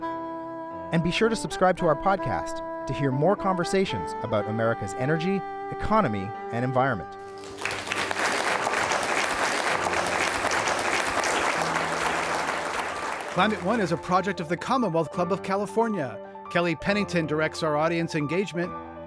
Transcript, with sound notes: And be sure to subscribe to our podcast to hear more conversations about America’s energy, economy, and environment.
[Applause]
Climate One is a special project of The Commonwealth Club of California. Kelli Pennington directs our audience engagement.